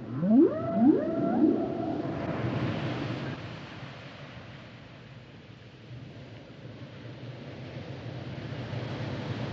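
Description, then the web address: Whale song: a few sharp rising upsweeps in the first two seconds, then a fading wash of hissing, surf-like noise. "Natures Songs Whale Songs Whales and Dolphins - whale nature sounds songs"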